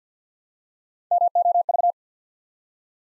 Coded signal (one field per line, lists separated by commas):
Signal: Morse code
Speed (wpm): 48 wpm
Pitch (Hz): 700 Hz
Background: none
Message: MOV